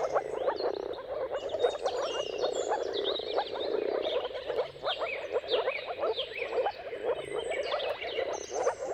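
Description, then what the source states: A chorus of moor frogs makes a continuous, low, gurgling bubbling, accompanied by birds chirping and whistling at a higher pitch. Moor frog mating chorus at sunrise, at the turn of March and April, with timing depending on the weather.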